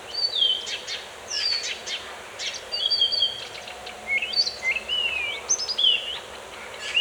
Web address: مجموعه افکت صدا حیوانات SES Animals SFX Sounds Birds in Forest (Loop 2 )